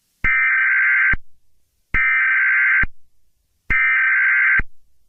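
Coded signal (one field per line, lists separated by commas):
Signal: Emergency Alert System (SAME) tones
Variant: header bursts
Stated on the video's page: Fictional EAS scenario.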